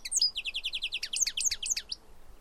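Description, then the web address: Bird calls: a quick string of many sharp, high, downslurred chirps over faint background hiss. "Deverinetal"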